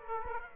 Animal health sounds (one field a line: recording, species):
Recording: mosquito wingbeat signal from an infrared sensor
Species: Aedes aegypti